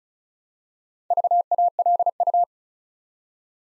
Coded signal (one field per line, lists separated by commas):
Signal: Morse code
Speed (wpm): 36 wpm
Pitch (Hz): 700 Hz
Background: none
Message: VALU